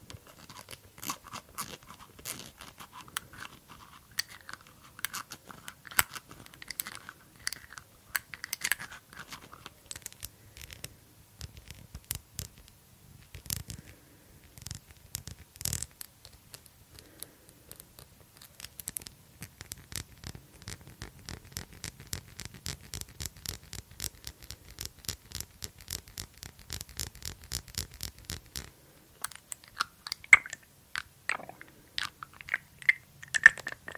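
A glass dropper bottle and lid make dense runs of small clicks, scrapes and crunchy ticks, with a fast regular rattle from about twenty seconds.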